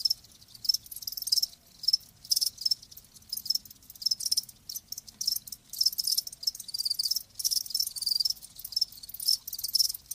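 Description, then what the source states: High-pitched crickets chirping in uneven rhythmic bursts, overlapping in a shrill chorus. Live crickets chirping.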